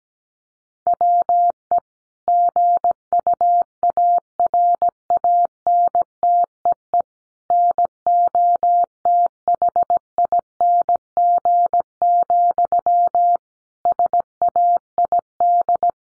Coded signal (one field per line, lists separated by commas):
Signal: Morse code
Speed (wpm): 17 wpm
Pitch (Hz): 700 Hz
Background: none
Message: WE GUARANTEE NOTHING, SAID